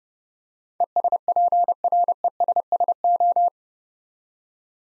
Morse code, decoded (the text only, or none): ESPRESSO